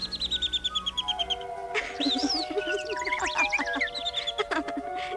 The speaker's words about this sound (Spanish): Unos pajarillos, amigos de Cenicienta, se posaron en el alféizar de su ventana y con dulces trinos la llamaron.